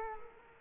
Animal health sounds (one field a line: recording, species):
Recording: mosquito wingbeat signal from an infrared sensor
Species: Culex quinquefasciatus